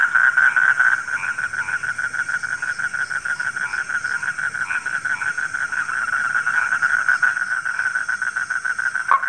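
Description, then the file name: Frogs calling in a dense chorus, a steady pulsing drone of rapid, rasping notes, with a faint high hiss throughout and a sharp click near the end. Frogs recorded at night. "suara kodok di malam hari"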